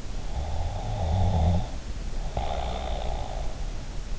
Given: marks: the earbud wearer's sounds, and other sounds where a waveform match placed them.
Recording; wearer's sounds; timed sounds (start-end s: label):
sounds in sleep by an in-ear microphone; snoring breath
0.53-3.25 s: snoring breath